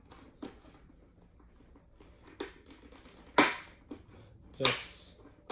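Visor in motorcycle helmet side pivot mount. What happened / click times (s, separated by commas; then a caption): The plastic pivot mount clicked free / 3.4 s, 4.6 s. A plastic visor on a Scorpion Exo 510air motorcycle helmet is lightly pulled at its side pivot mount, with sharp clicks at 3.4 and 4.6 seconds as it clicks free and is released from the helmet shell. Fainter handling taps are heard around the clicks.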